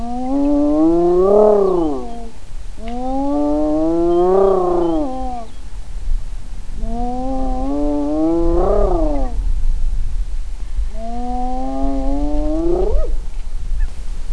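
Hyena whooping: four long whoops spaced a few seconds apart, over a steady low rumbling background.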